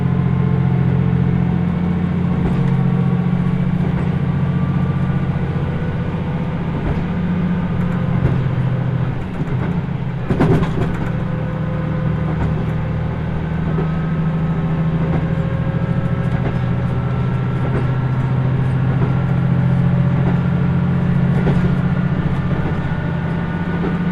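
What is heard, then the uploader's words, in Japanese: Inside a limited express train running on a regional line, a steady, heavy diesel engine drone fills the car, with humming tones that slowly shift in pitch. Faint rattles tick throughout, and a sharp clatter breaks through around ten seconds. 豊肥本線 九州横断特急3号 熊本→立野。列車はキハ185系の2両編成、しかもワンマン運転です。自由席と指定席が1両ずつ、自分は指定席のほうに座ります。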